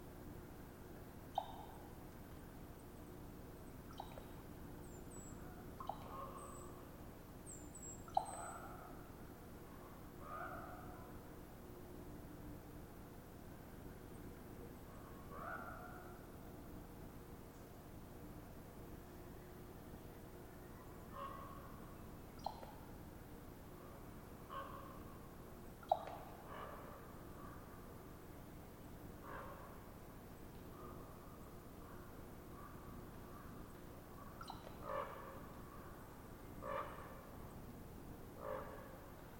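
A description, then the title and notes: A raven makes scattered popping, knocking calls every few seconds over a steady low rumble, with occasional faint high chirps early on. Raven Popping Conversation.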